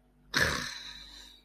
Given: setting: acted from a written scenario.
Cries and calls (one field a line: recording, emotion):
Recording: vocal sound without words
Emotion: shame